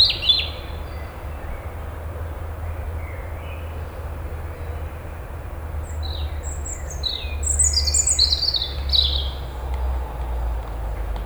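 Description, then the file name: European robin song: a short high phrase opens, then after a quieter stretch a jumble of thin, tinkling high notes, with a low rumble throughout. "Erithacus rubecula"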